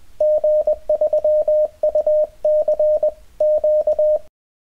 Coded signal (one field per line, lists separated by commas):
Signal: Morse code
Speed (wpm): 20 wpm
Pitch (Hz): 610 Hz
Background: none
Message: G3UCQ